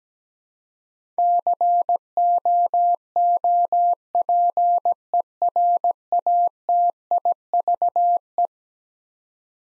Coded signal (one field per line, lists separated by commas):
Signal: Morse code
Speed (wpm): 17 wpm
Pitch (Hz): 700 Hz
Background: none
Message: COOPERATIVE